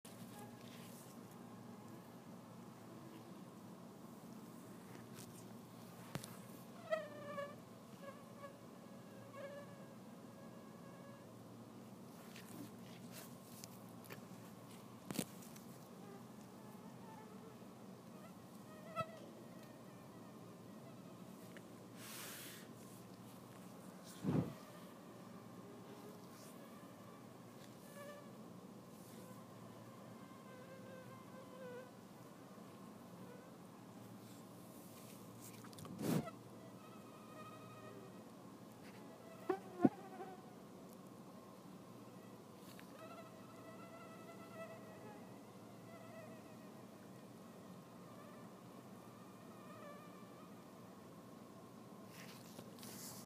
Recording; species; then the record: mosquito flight sound by mobile phone; Anopheles freeborni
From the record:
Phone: iPhone 6